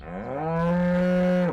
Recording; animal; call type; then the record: contact call of a hoofed animal; cattle; low-frequency (closed-mouth) or high-frequency (open-mouth) call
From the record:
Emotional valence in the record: negative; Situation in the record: full separation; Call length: 1.53 s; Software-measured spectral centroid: 1290 Hz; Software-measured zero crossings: 810 a second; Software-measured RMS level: -24 dBFS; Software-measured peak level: -16 dBFS